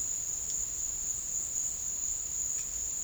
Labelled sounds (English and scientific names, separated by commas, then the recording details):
none
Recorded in dense forest near Puerto Asís, Putumayo, Colombia, on 13 March 2025 at 15:00
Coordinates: 0.484, -76.325
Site G045